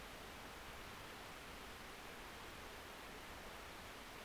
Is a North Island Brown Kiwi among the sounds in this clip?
no